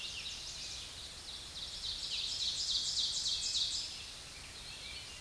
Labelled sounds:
Ovenbird (Seiurus aurocapilla) song
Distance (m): 30 m
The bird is about 10 m above the microphone
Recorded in a Pennsylvania forest on 16 May 2024 at 07:18
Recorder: AudioMoth, point MSD-2146
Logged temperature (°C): 16.7 °C
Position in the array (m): 147 m, 5 m

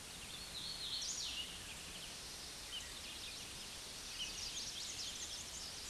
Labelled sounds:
Hooded Warbler (Setophaga citrina) song
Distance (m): 30 m
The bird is about 5 m below the microphone
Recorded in a Pennsylvania forest on 16 May 2024 at 09:04
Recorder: AudioMoth, point MSD-1482
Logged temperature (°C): 15.6 °C
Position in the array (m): 151 m, 130 m

